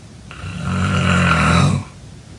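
A single rough, low-pitched rattling snoring inhalation about one and a half seconds long swells and then stops abruptly, with quiet room noise before and after. It is the vibration of relaxed throat tissues during sleep breathing.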